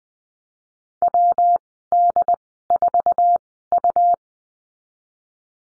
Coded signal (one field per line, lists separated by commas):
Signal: Morse code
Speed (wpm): 20 wpm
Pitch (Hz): 700 Hz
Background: none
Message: WD4U